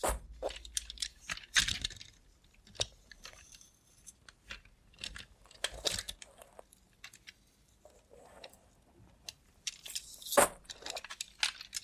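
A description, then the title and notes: ASMR sounds made with a robot hand, no talking: a stream of sharp clicks, taps and light metallic rattles, like small jangling parts. Bursts come irregularly every second or so, with louder cracks near 1.5, 6 and 10 seconds over a low, quiet hum. Try ASMR with a Robot Hand (No Talking).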